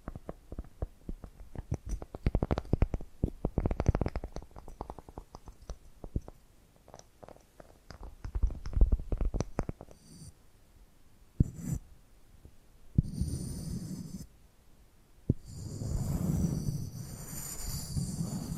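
Tapping and scratching sounds: for the first ten seconds, dense, irregular clicks and taps crowd together with rough scraping swells. After that the taps thin out to a few sharp knocks, and longer low rumbling scrapes with a faint hissing edge take over until the end.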